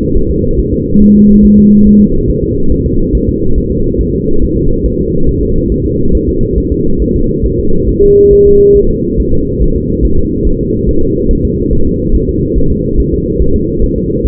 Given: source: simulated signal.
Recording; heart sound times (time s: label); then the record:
fetal heart sounds
0.17 s: S1
0.31 s: S2
0.59 s: S1
0.73 s: S2
1.02 s: S1
1.16 s: S2
1.45 s: S1
1.59 s: S2
1.87 s: S1
2.01 s: S2
2.30 s: S1
2.44 s: S2
2.72 s: S1
2.86 s: S2
3.15 s: S1
3.29 s: S2
3.58 s: S1
3.72 s: S2
4.01 s: S1
4.15 s: S2
4.44 s: S1
4.57 s: S2
4.86 s: S1
5.00 s: S2
5.29 s: S1
5.43 s: S2
5.72 s: S1
5.86 s: S2
6.15 s: S1
6.29 s: S2
6.58 s: S1
6.72 s: S2
7.02 s: S1
7.16 s: S2
7.46 s: S1
7.60 s: S2
7.89 s: S1
8.03 s: S2
8.33 s: S1
8.47 s: S2
8.77 s: S1
8.91 s: S2
9.20 s: S1
9.34 s: S2
9.62 s: S1
9.76 s: S2
10.05 s: S1
10.19 s: S2
10.47 s: S1
10.61 s: S2
10.89 s: S1
11.03 s: S2
11.31 s: S1
11.45 s: S2
11.73 s: S1
11.87 s: S2
12.15 s: S1
12.29 s: S2
12.57 s: S1
12.72 s: S2
13.00 s: S1
13.14 s: S2
13.42 s: S1
13.56 s: S2
13.84 s: S1
13.98 s: S2
14.26 s: S1
From the record:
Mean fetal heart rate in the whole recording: 140 bpm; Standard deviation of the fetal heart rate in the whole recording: 2 bpm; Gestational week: 34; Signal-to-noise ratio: -17.7 dB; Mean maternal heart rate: 72 bpm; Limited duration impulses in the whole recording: present